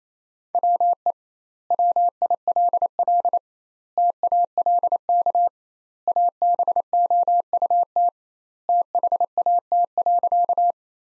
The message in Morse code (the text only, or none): WE WILL TALK ABOUT THAT.